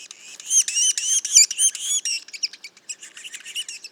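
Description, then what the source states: Yellow-bellied sapsucker juveniles: high, rising mewing notes with harmonics, rapidly repeated and overlapping for two seconds, then scattered softer chips. Juveniles, Mont-Orford National Park, Quebec, Canada; mono recording.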